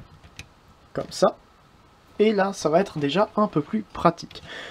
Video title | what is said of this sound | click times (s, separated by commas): (FR) Studio Series 14 IRONHIDE review (Transformers) | vers le bas ça vient se clipser comme ça | 0.4 s